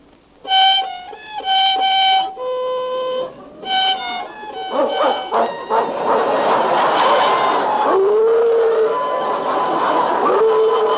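A violin plays a few sustained, bright notes in a hotel, then a dog joins in with wavering, sliding howls and whimpers over a noisy, continuous stretch of sound.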